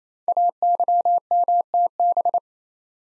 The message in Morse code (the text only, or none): AYMTB